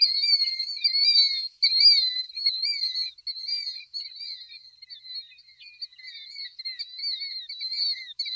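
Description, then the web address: Killdeer calling with long runs of shrill, wavering notes strung closely together, fading slightly midway and then building again. Eastern North America. "Dan Gibson Wildlife Identification By Sound, Eastern North America Pt 2. Killdeer"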